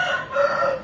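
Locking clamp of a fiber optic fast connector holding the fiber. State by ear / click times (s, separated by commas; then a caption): not seated / none. The locking clamp of a plastic field-assembly fiber optic fast connector, holding the inserted optical fiber, is being closed and tightened. A steady tonal sound with stacked harmonic bands near 600–700 Hz and 1.4 kHz fills the clip, with no sharp transients. The clamp has not locked yet; nothing has seated or clicked.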